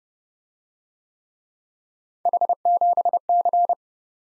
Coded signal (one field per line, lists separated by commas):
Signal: Morse code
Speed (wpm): 30 wpm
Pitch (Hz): 700 Hz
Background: none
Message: H7C